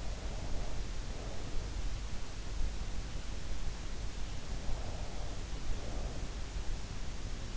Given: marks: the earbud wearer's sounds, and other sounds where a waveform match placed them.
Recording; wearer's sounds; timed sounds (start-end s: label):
sounds in sleep by an in-ear microphone; breath
0.00-1.83 s: breath
4.46-6.56 s: breath